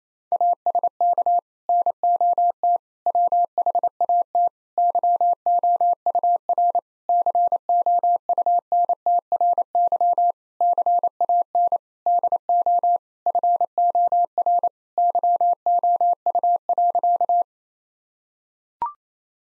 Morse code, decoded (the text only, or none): ASK NOT WHAT YOUR COUNTRY CAN DO FOR YOU.